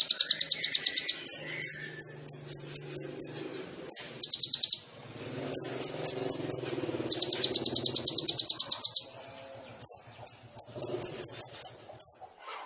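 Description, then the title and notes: Sunbird song mixing rapid high trills, runs of sharp chips and a thin drawn whistle, over a faint low background hum. Indonesian masteran training recording of a sunbird singing persistently (gacor), full of isian fill-in phrases and tembakan bursts, meant as pancingan to provoke other birds. "MASTERAN KOLIBRI NINJA FULL ISIAN DAN TEMBAKAN MEWAH COCOK BUAT PANCINGAN. Suara Burung Kolibri Ninja Gacor"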